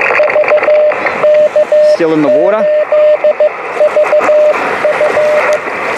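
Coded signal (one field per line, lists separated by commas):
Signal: Morse code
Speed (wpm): 15 wpm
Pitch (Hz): 600 Hz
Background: speech, radio noise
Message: VK8VF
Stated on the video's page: 10 m (28 MHz) operation from the beach using a steerable beam based on a Wadetenna vertical.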